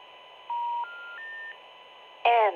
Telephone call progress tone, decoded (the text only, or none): special information tone